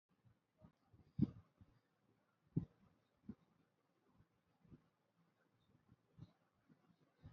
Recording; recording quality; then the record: shallow breathing; excellent, no background noise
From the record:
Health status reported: healthy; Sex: male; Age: 25 years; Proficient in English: yes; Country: India